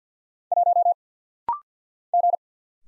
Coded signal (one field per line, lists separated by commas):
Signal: Morse code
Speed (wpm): 48 wpm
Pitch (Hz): 700 Hz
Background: none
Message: 1 G